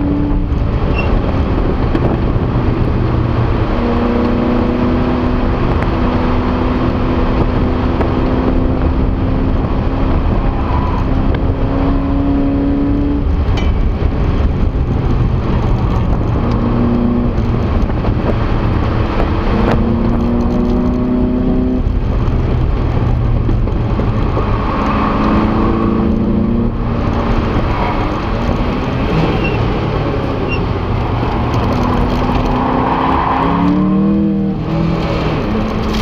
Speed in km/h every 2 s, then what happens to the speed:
119, 106, 115, 115, 124, 126, 132, 109, 109, 111, 120, 105, 102, 98, 79, 56, 56, 75.
0-3 brakes to 106. 3-12 speeds up to 132. 12-14 brakes to 109. 14-21 speeds up to 120. 21-30 brakes to 56. 32-36 speeds up to 75.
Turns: 0-10, 20-27, 28-32.